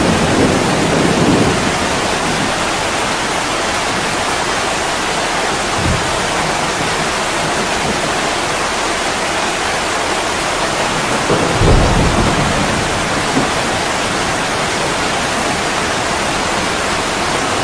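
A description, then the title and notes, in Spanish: Heavy rain pours steadily onto a roof, a dense, even hiss that fills the whole clip without pause. Soft low rumbles swell near the start, around six seconds and again near twelve seconds, like distant gentle thunder beneath the downpour. Lluvia en el tejado. Sonido natural de la fuerte lluvia y los truenos suaves en el tejado a medianoche.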